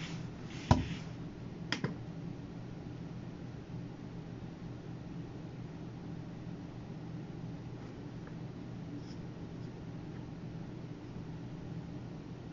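Working at a computer: a steady low hum, like a machine fan, runs through the whole recording without change. Two sharp clicks stand out near the start, around the first and second seconds, and a few faint ticks follow later.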